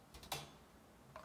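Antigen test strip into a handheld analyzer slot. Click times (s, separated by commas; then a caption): 0.3 s. A plastic rapid antigen test strip is pushed into the bottom slot of a handheld analyzer until it seats. Faint sliding ticks at 0.2 s lead up to a sharp click at 0.3 s, and a softer tick follows at 1.2 s. The strip is seated.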